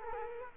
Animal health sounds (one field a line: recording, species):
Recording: mosquito wingbeat signal from an infrared sensor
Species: Culex quinquefasciatus